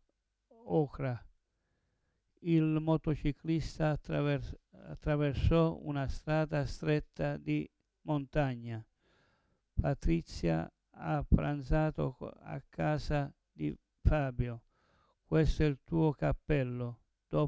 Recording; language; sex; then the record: read phrases; Italian; male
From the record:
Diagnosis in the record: Parkinson's disease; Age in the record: 70 years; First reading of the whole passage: 112 s, 4.6 characters per second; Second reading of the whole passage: 107 s, 4.9 characters per second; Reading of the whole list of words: 68 s, 4.1 characters per second